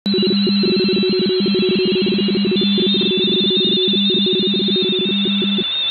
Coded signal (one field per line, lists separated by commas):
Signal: RTTY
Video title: MMVARI N1MM Plus Multi-RTTY